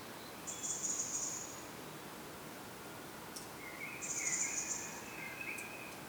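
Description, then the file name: European robin giving two strong, high, sibilant calls roughly three and a half seconds apart, with faint lower warbled notes and steady hiss. "Erithacus rubecula"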